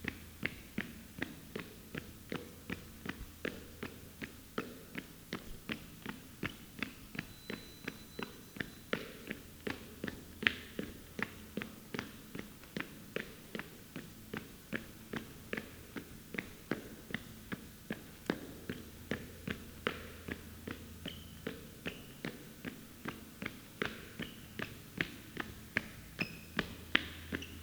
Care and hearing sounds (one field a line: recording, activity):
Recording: daily activity, guitar pickup as the sensor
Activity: run